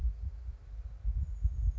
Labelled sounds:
Chestnut-backed Chickadee (Poecile rufescens)
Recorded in Sonoma County, California

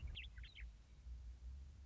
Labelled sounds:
Western Meadowlark (Sturnella neglecta)
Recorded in Sonoma County, California

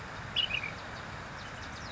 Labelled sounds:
Ash-throated Flycatcher (Myiarchus cinerascens)
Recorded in Sonoma County, California

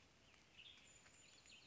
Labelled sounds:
Western Tanager (Piranga ludoviciana)
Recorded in Sonoma County, California

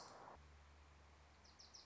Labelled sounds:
Wilson's Warbler (Cardellina pusilla)
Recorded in Sonoma County, California

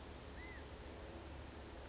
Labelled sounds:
California Quail (Callipepla californica)
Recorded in Sonoma County, California

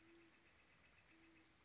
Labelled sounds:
Great Horned Owl (Bubo virginianus)
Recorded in Sonoma County, California

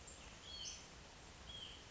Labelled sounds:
Hutton's Vireo (Vireo huttoni)
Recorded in Sonoma County, California

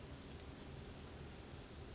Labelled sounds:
Western Flycatcher (Empidonax difficilis)
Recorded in Sonoma County, California

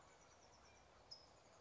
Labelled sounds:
California Towhee (Melozone crissalis)
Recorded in Sonoma County, California

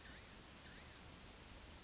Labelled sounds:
Blue-gray Gnatcatcher (Polioptila caerulea)
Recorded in Sonoma County, California

